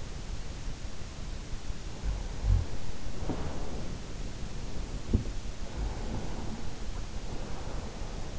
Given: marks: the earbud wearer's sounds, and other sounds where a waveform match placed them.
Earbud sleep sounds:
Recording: sounds in sleep by an in-ear microphone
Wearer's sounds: breath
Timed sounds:
2.08-4.54 s: breath
5.91-8.20 s: breath

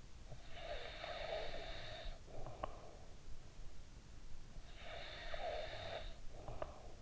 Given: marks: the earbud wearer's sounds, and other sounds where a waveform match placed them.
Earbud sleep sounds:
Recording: sounds in sleep by an in-ear microphone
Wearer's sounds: snoring breath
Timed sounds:
0.16-3.07 s: snoring breath
3.77-7.02 s: snoring breath

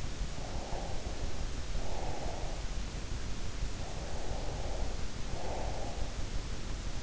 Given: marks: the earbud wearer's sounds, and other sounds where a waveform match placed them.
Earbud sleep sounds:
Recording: sounds in sleep by an in-ear microphone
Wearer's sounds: breath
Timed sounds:
0.34-2.73 s: breath
3.83-6.25 s: breath

